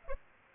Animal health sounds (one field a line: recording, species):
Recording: mosquito wingbeat signal from an infrared sensor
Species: Aedes aegypti